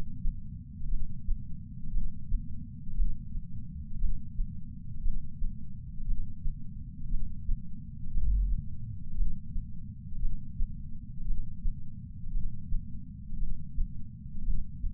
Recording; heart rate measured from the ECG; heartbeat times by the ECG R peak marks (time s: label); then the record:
heart sounds by patch sensor on the chest; 58 bpm
0.89 s: heartbeat
1.92 s: heartbeat
2.96 s: heartbeat
4.00 s: heartbeat
5.03 s: heartbeat
6.06 s: heartbeat
7.10 s: heartbeat
8.13 s: heartbeat
9.16 s: heartbeat
10.21 s: heartbeat
11.26 s: heartbeat
12.33 s: heartbeat
13.39 s: heartbeat
14.44 s: heartbeat
From the record:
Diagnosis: coronary artery disease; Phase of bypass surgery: intraoperative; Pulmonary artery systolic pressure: 38 mmHg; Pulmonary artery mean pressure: 23 mmHg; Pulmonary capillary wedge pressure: 11 mmHg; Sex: male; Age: 74 years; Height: 175 cm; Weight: 66 kg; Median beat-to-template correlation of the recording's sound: 0.93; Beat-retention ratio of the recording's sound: 0.98